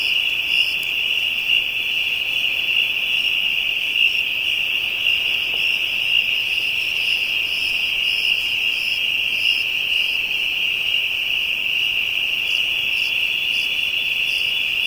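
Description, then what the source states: Unbroken high-pitched insect chorus with faint rhythmic pulsing above it, steady across the whole stretch. African insects, ambient soundscape.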